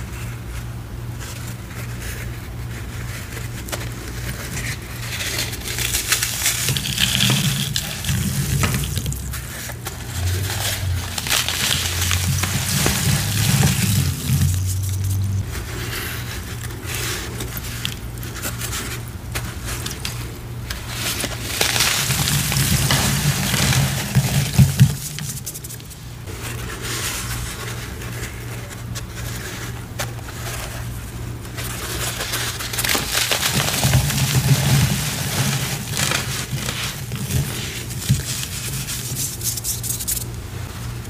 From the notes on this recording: gym chalk and cornstarch crushing, powder play, pouring, mixing, and reforming soothing sounds